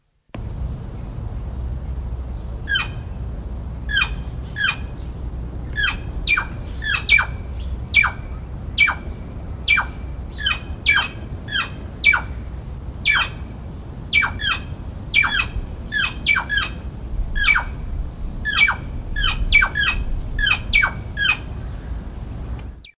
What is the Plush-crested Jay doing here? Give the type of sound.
call